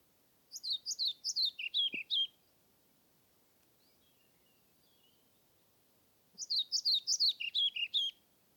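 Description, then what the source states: European Pied Flycatcher song: two short bright phrases of several quick notes stepping down in pitch, separated by about four seconds of quiet. Submitted recording made 25 May 2021 at Nordvik, with a Zoom recorder.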